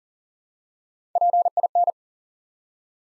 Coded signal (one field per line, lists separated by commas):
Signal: Morse code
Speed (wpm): 40 wpm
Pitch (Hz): 700 Hz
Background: none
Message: PIN